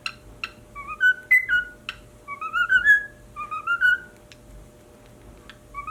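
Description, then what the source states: Cockatiel uttering wavy, rising whistled phrases in quick succession, broken by sharp clicking sounds and short gaps. Pied cockatiel.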